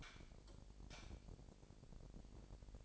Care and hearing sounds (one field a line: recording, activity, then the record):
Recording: daily activity, microphone in the room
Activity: light off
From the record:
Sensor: 5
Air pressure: 1012.0 hPa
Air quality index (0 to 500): 247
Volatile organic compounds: 5 ppm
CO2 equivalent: 1711 ppm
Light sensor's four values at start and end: 43/101/42/45 and 41/96/40/43